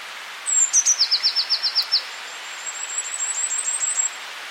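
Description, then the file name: Eurasian blue tit singing: thin high opening notes followed by a quick trill of about nine clear notes, then a softer, higher twittering series. "Cyanistes caeruleus"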